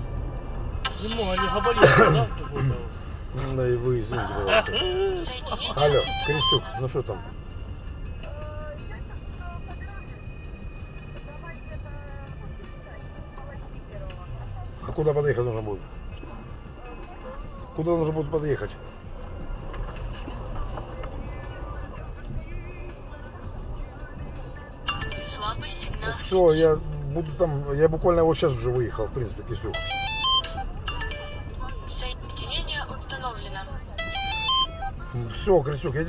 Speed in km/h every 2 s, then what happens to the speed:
8, 12, 13, 12, 13, 14, 14, 10, 6, 6, 6, 9, 13, 13, 13, 14, 13, 14.
0-12 steady at about 13. 12-16 slows to 6. 16-21 steady at about 6. 21-23 speeds up to 13. 23-36 steady at about 13.